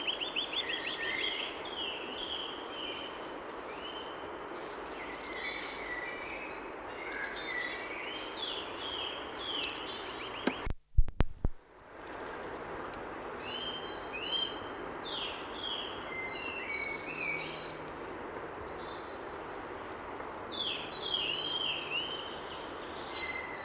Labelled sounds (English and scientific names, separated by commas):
Eurasian Nuthatch (Sitta europaea) song